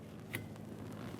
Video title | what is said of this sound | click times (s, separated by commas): How to Replace Front Wiper Blades 2011-2021 Jeep Grand Cherokee | Listen for a click. | 0.4 s